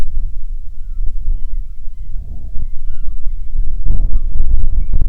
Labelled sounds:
seabird
wind
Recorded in the Prudhoe Bay oil fields, Alaska, on 6 June 2019 at 04:05
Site 16

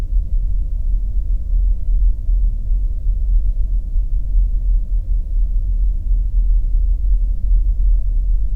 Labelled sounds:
machinery
flare stack
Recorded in the Arctic National Wildlife Refuge, Alaska, on 3 September 2019 at 09:52
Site 35

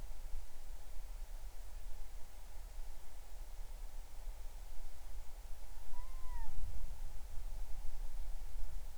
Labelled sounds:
bird
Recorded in the Arctic National Wildlife Refuge, Alaska, on 20 July 2019 at 03:02
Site 38

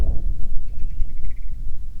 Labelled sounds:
bird
wind
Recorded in the Prudhoe Bay oil fields, Alaska, on 25 July 2019 at 01:48
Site 11

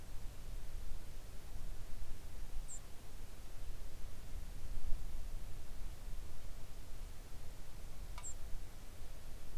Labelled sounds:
songbird
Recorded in the Arctic National Wildlife Refuge, Alaska, on 3 August 2019 at 06:13
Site 41

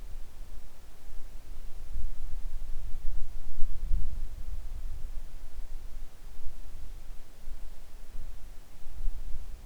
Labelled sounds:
wind
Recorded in the Arctic National Wildlife Refuge, Alaska, on 3 August 2019 at 10:39
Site 41

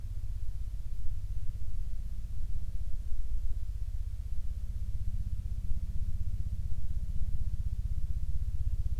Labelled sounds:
helicopter
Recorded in the Arctic National Wildlife Refuge, Alaska, on 31 July 2019 at 14:20
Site 40

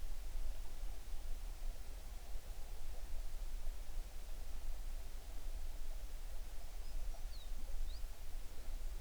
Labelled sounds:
songbird
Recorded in the Prudhoe Bay oil fields, Alaska, on 11 June 2019 at 05:43
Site 21

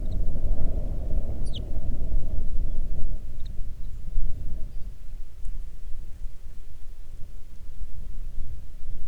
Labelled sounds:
songbird
wind
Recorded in the Arctic National Wildlife Refuge, Alaska, on 3 June 2019 at 05:05
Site 37

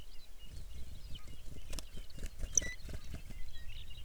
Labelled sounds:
songbird
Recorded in the Arctic National Wildlife Refuge, Alaska, on 23 May 2019 at 05:02
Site 49

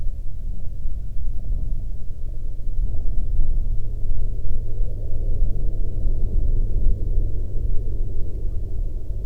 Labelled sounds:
bird
aircraft
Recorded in the Prudhoe Bay oil fields, Alaska, on 13 May 2019 at 08:22
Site 24

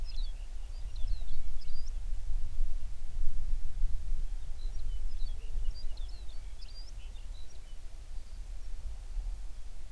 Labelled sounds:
songbird
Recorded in the Prudhoe Bay oil fields, Alaska, on 11 June 2019 at 04:37
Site 21

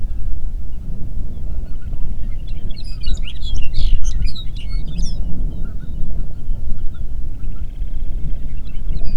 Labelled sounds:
songbird
waterfowl
wind
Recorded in the Prudhoe Bay oil fields, Alaska, on 8 June 2019 at 05:02
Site 30

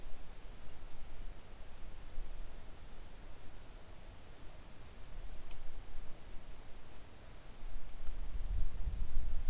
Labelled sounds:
wind
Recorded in the Arctic National Wildlife Refuge, Alaska, on 3 August 2019 at 10:33
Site 41

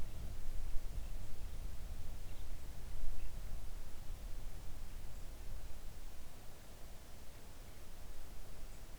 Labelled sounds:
songbird
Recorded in the Arctic National Wildlife Refuge, Alaska, on 3 August 2019 at 05:36
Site 41

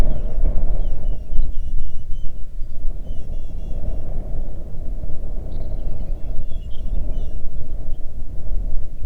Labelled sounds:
songbird
wind
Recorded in the Arctic National Wildlife Refuge, Alaska, on 3 June 2019 at 05:03
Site 37

